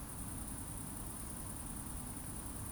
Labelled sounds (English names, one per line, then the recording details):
Eurasian Woodcock whistle
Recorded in Baden-Württemberg, Germany, on 26 June 2020 at 20:22 UTC
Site 44395, 213 m above sea level